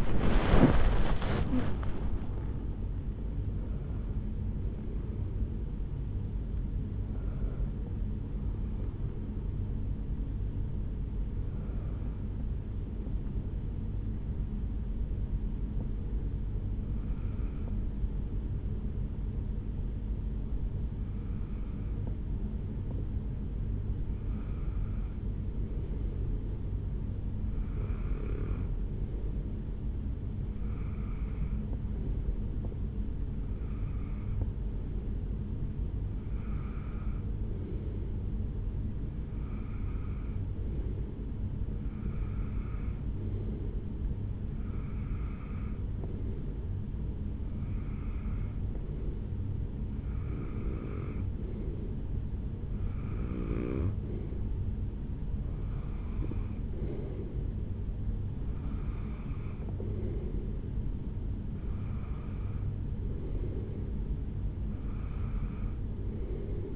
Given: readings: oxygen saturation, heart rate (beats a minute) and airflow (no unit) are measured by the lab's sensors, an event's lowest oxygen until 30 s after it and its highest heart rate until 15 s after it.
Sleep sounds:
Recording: breathing in sleep by a smartphone at the bedside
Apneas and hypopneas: 1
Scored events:
0.00-24.00 s: awake
15.00-66.76 s: new sleep stage, N1 (lightest sleep)
24.00-53.90 s: hypopnea (N1, oxygen 96% highest, then 91% lowest, heart rate 65 at the start, 75 highest)
From the record:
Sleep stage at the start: awake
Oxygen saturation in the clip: 91 to 96%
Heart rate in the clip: 64 to 80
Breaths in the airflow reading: 21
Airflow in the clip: -6.3 to 6.9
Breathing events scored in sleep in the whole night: 449 in 7.0 hours asleep

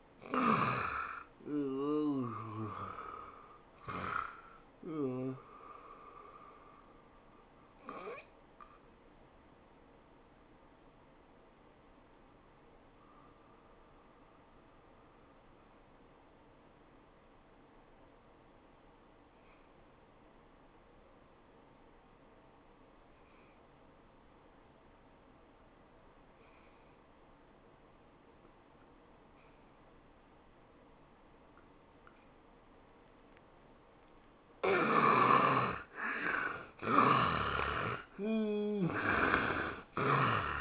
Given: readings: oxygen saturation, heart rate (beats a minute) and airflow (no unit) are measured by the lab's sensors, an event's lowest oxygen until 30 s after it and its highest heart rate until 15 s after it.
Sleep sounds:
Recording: breathing in sleep by a voice recorder at the bedside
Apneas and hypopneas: 1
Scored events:
7.00-34.40 s: hypopnea (N1, oxygen 96% highest, then 75% lowest, heart rate 97 at the start, 99 highest)
From the record:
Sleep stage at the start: N1 (lightest sleep)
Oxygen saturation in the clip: 86 to 96%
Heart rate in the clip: 79 to 98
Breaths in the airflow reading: 7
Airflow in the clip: -12.8 to 11.8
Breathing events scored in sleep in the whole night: 403 in 5.5 hours asleep

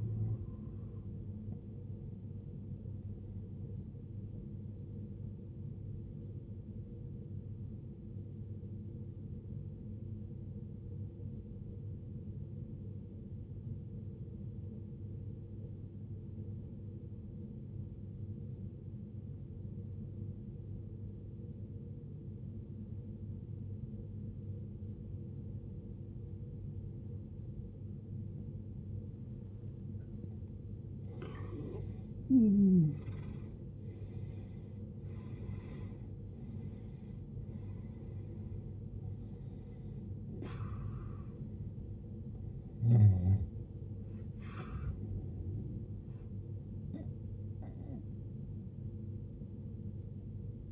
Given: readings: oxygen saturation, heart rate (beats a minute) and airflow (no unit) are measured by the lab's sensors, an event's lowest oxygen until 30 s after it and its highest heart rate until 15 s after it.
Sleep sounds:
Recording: breathing in sleep by a smartphone at the bedside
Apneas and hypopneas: 1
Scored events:
9.00-33.80 s: obstructive apnea (N1, oxygen 94% highest, then 83% lowest, heart rate 53 at the start, 76 highest)
From the record:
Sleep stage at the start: N1 (lightest sleep)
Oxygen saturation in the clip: 83 to 94%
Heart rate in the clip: 53 to 76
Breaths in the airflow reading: 7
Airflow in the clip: -18.3 to 18.0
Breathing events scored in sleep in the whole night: 389 in 6.3 hours asleep

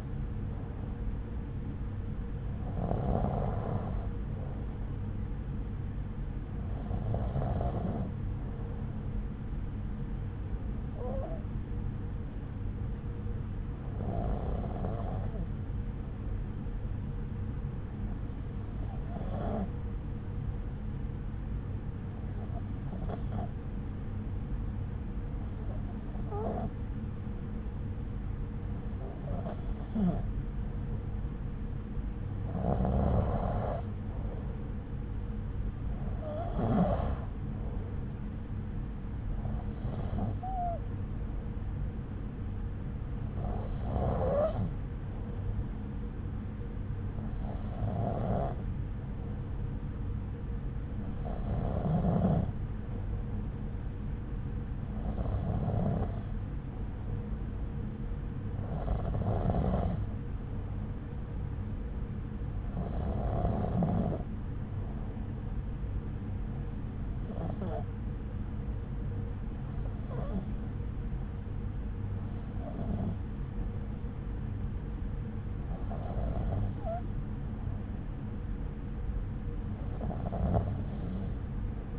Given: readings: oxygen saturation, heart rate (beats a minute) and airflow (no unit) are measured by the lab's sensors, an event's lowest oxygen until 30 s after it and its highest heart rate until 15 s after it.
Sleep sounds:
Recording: breathing in sleep by a smartphone at the bedside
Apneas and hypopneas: none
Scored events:
none scored
From the record:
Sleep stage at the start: N2 (light sleep)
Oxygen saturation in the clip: 94 to 95%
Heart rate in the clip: 60 to 69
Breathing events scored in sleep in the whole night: 303 in 8.1 hours asleep

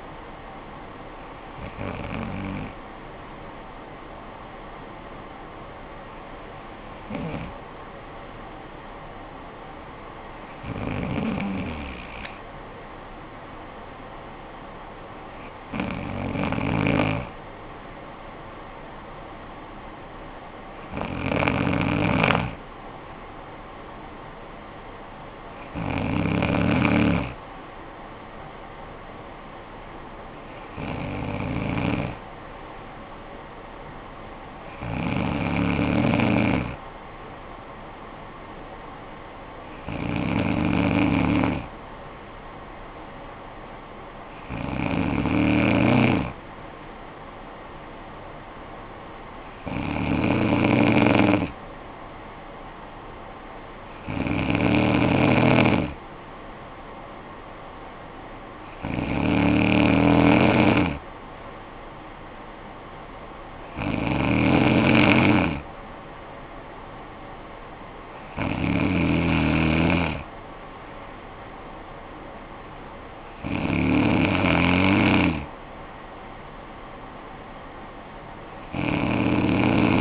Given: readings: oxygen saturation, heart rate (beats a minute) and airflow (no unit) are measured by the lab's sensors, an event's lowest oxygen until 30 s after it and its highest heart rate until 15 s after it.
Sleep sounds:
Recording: breathing in sleep by a voice recorder at the bedside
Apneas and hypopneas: none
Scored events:
none scored
From the record:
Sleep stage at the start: N2 (light sleep)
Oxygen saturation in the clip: 93 to 94%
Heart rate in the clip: 49 to 58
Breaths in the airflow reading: 16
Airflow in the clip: -10.0 to 6.3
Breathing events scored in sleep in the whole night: 445 in 7.6 hours asleep

